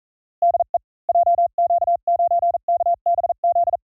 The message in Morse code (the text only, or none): DE JQ9KBZ